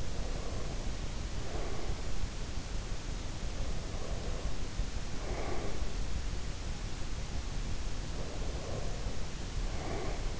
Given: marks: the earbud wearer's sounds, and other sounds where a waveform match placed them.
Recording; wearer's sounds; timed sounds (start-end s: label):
sounds in sleep by an in-ear microphone; breath
0.00-2.45 s: breath
3.39-5.94 s: breath
7.88-10.40 s: breath